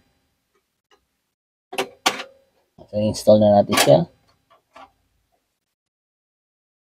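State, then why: Seated. An M.2 NVMe-to-PCIe x1 adapter card is pushed into a motherboard PCIe slot while someone talks. A single click at 4.8 s marks the slot latch locking, and the card is seated.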